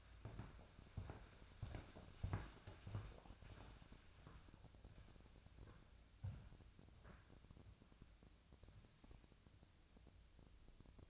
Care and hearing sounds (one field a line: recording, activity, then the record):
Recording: daily activity, microphone in the room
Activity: walk to room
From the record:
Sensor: 2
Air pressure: 999.8 hPa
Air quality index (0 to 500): 123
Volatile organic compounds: 2 ppm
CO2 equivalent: 1059 ppm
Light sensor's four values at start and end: 31/74/33/37 and 30/71/31/35